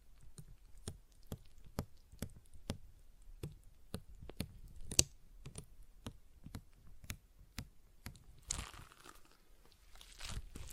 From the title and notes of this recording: ASMR Relaxing Stress Ball Sounds (No Talking).